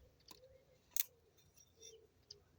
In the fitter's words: j'ai entendu comme des clic clics,